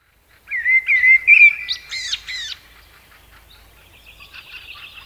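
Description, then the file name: Common blackbird song: a mellow, fluted warble of a few wavering notes, then a brief squeaky, high twitter that fades out. "Turdus merula"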